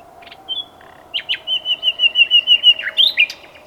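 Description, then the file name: Common nightingale song: a thin whistle, then a steady series of repeated piping notes, ending with sharp higher notes. "Luscinia megarhynchos"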